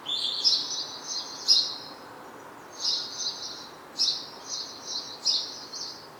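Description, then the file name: House sparrow calls: a few drawn-out high chirping phrases separated by short silent gaps, against soft steady background noise. "Passer domesticus"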